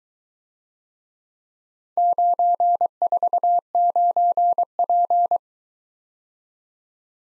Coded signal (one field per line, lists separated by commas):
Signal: Morse code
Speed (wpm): 22 wpm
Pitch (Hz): 700 Hz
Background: none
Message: 949P